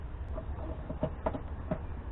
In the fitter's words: all right that's locked into place